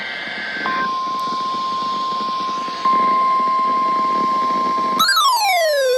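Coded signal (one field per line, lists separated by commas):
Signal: Emergency Alert System (SAME) tones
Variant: 1050 Hz attention tone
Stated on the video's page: Required weekly tests received on NOAA weather radio transmitters, the first of the year.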